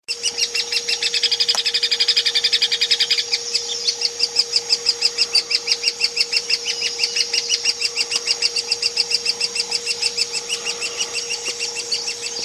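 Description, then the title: Hairy woodpecker calls: sharp, high notes repeated rapidly in a long, steady series, with a faint constant hum beneath. Compiled as masteran tutor audio for training songbirds such as oriental magpie-robin, white-rumped shama and greater green leafbird. "platuk hairy untuk kacer murai cucak hijau masteran"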